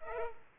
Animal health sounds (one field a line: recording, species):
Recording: mosquito wingbeat signal from an infrared sensor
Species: Culex pipiens